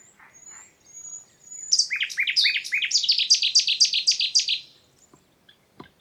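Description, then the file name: Common nightingale song: a thin high whistle, then a long series of loud, sharp repeated notes. "Luscinia megarhynchos"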